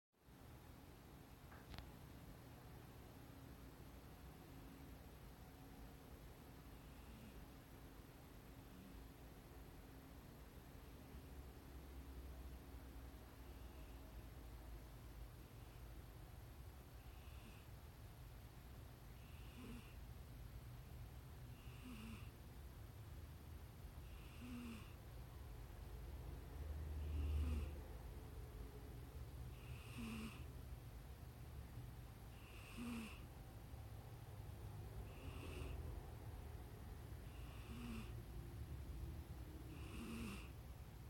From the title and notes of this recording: Silly Pixel cat nose sounds.